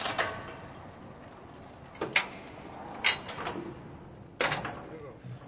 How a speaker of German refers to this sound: Wir sind unten. Das Gitter öffnet sich.